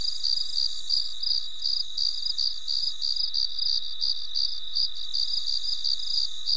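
Cricket chirping, short pulsed chirps repeated steadily about three times a second.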